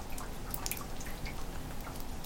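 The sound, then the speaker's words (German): Rainwater dripping into barrels, a scatter of quick, irregular drips and small splashes over a steady low rush of falling water. “Und die Tonnen füllen sich mit dem schönen matten Wasser.”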